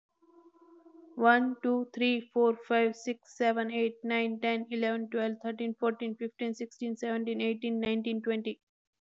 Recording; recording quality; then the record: counting at a fast pace; excellent, no background noise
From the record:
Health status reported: healthy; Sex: female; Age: 33 years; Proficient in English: yes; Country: India